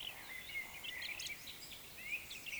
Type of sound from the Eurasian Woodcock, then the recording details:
whistle, croak. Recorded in Baden-Württemberg, Germany, on 20 May 2021 at 19:12 UTC. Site 24606, 635 m above sea level